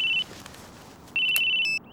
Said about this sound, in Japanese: あ、やば、僕の携帯だ。